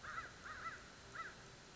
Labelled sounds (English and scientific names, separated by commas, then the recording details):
American Crow (Corvus brachyrhynchos)
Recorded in Sonoma County, California